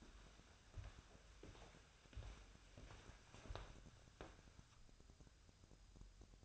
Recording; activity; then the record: daily activity, microphone in the room; walk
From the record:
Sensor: 2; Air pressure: 1015.2 hPa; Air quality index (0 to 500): 115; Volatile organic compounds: 3 ppm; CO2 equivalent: 1474 ppm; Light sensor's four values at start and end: 13/36/14/16 and 15/38/15/17